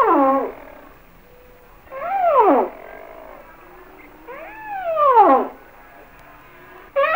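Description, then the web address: Humpback whale song units: repeated arched cries that climb slightly and then slide down steeply, recurring roughly every three seconds over a quiet background. "Natures Songs Whale Songs Sounds of Nature - Humpback Whales"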